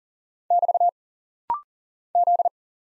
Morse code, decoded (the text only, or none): <BT> Z